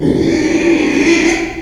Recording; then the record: squeal of a Yucatan mini pig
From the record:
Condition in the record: after surgery on the right vocal fold (resection and tissue-engineered implant); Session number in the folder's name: 2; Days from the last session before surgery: 13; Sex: male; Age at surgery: 12 weeks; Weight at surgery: 13 kg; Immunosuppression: cyclosporine, prednisolone